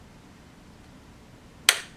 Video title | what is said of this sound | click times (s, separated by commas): Finally Built My Own PC! (Ryzen 5 7600X + Radeon 9060XT Build) | Boom, clicked in. See, once you hear that click, it just snaps right in | 1.7 s